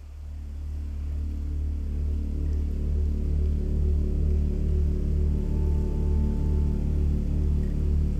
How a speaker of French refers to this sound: Je gare la voiture dans une impasse.